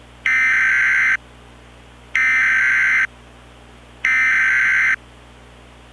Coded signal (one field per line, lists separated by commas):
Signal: Emergency Alert System (SAME) tones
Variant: header bursts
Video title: EAS Concept: Special Marine Watch